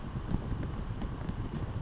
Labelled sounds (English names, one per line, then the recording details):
California Towhee
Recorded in Sonoma County, California